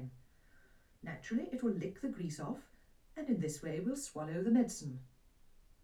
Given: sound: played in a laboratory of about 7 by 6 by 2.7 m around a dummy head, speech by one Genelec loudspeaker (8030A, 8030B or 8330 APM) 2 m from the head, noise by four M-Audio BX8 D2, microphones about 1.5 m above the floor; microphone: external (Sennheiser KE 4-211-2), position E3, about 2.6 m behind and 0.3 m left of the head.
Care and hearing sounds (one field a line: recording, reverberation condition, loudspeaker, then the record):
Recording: female speech in English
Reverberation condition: low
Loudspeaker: 30 degrees to the left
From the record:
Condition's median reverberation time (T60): about 310 ms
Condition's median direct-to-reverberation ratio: about 3.5 dB